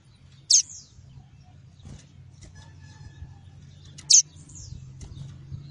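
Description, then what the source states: Double-collared seedeater giving two sharp, high notes about three and a half seconds apart, each trailing into a softer slur, over a low hum. "Tui-tui" song variety.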